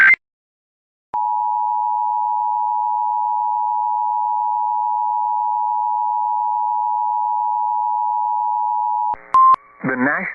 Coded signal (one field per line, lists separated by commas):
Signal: Emergency Alert System (SAME) tones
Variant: 853 and 960 Hz attention tone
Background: speech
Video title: KZPX-FM 100 FM: HotZ100 - Bay City, TX - EAS - Feb 14, 2026